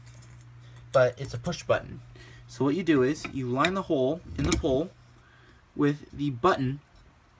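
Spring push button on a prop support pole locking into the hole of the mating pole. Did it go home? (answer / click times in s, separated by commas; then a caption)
no / none. Someone talks while handling the tubular support poles of an animated lurching zombie Halloween prop, lining up the hole in one pole with the spring push button on the mating pole, with faint handling knocks around 0.4 and 0.8 seconds. Nothing has seated or clicked yet; the clip ends before the button snaps into its hole.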